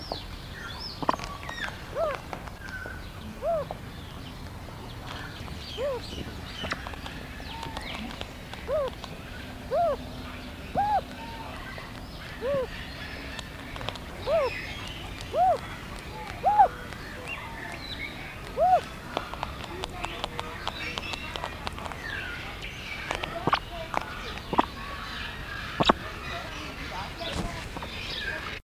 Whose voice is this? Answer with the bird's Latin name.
Pauxi unicornis